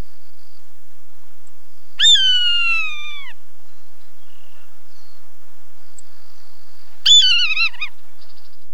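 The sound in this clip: Swainson's hawk giving two loud, high, slurred screams about five seconds apart: the first a smooth descending note, the second shorter and wavering as it falls.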